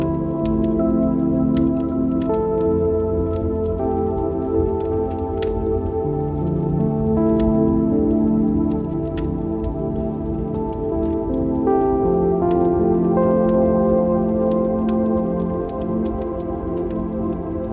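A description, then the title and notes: Soft, slow music plays with long held notes and gentle chord changes every few seconds, low and warm throughout. Scattered sharp crackles from a fireplace pop over it at irregular moments, light, while the overall level stays steady. Fireplace Sounds & Relaxing Music. Relaxing music and magical fireplace crackling sounds.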